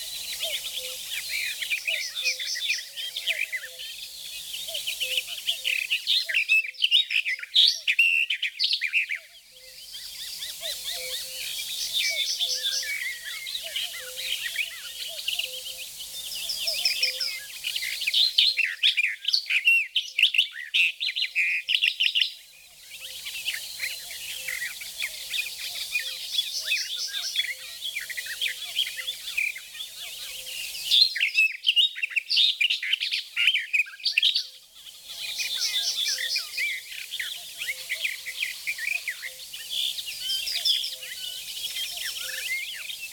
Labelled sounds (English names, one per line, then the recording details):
Barred Warbler song
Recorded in the wild
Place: Flögelner See, Baden-Württemberg, DE
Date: 1985-05-24
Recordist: Schwarz, Dieter